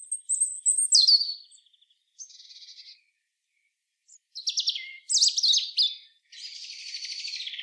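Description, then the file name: European robin singing several short bursts of high, buzzy trills and sliding whistles separated by brief gaps. "Erithacus rubecula"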